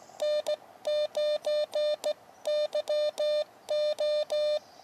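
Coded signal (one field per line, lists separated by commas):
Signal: Morse code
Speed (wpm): 16 wpm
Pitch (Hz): 590 Hz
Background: none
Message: N9YO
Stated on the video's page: Live portable QRP CW park operation with an Elecraft KX2 and HyEndFed antenna, making contact after contact.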